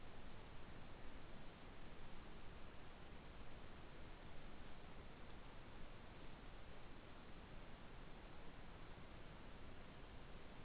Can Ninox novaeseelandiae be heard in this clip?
no